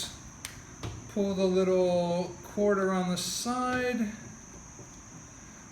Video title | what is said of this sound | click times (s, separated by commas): PETZL NAO 2 Headlamp Review - Max 575 Lumens - DialedTech | Jam the battery up in there till it clicks | 0.5 s